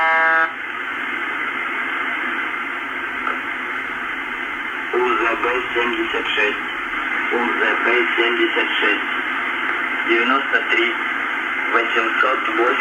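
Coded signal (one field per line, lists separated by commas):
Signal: coded military voice message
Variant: UVB-76, Russian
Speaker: and it goes on and on to give a series of names and numbers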